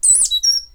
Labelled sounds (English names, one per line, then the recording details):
Stitchbird song
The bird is a male
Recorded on Tiritiri Matangi Island, New Zealand, in 2005
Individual 8, of nest box 10